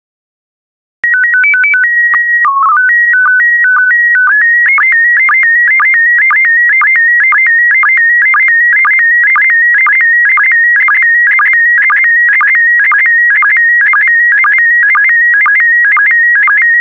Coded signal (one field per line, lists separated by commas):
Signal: SSTV (slow-scan television)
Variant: PD 120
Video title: 86012 Oregon SSTV PD120